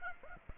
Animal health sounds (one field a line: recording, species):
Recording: mosquito wingbeat signal from an infrared sensor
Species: Aedes aegypti